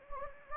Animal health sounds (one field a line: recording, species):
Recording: mosquito wingbeat signal from an infrared sensor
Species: Anopheles gambiae